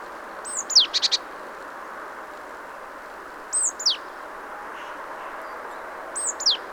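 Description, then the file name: Great tit, a high falling whistle and quick buzzy rattle once, then two softer whistled slurs without the rattle, over steady background noise. "Parus major"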